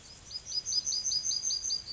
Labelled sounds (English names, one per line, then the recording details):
Yellowhammer song
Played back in grassland
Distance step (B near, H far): E
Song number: 055